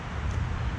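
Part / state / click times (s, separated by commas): dust seal cap onto rear of car headlight housing / not seated / none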